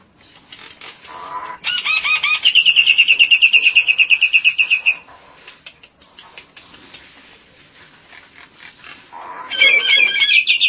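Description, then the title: Nias hill myna song: a loud, rapid series of harsh, rattling notes held for a few seconds, then quieter chatter, ending with another burst of rattling notes. "Jalak Nias"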